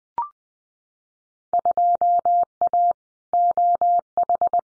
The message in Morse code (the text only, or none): 2A OH